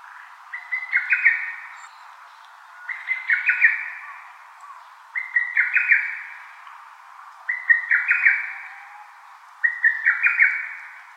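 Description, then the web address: Lesser cuckoo calling: a quick rising run of staccato whistled notes, a burst of about five or six notes repeated roughly every two seconds, five phrases in all over a steady hiss. Recorded 24 May 2014. "birdenaga hototogisu 140524"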